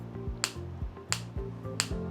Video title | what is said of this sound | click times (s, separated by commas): Noise Air Buds Plus - AirPods Pro on a Budget 🔥 | nice clicky sound | 0.4 s, 1.1 s, 1.8 s